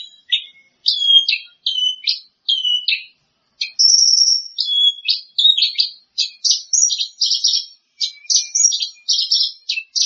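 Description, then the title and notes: Bird singing a varied run of slurred whistles, then a buzzy trilled note, followed by fast repeated high chirping phrases with short breaks. "Bird Sound. Kicau Burung Lengkap"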